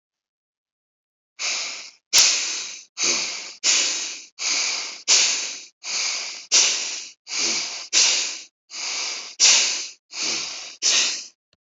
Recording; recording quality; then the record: shallow breathing; excellent, no background noise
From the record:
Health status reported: healthy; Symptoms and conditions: diabetes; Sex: male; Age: 66 years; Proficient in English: yes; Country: India